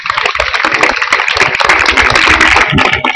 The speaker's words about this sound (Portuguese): Un aplauso.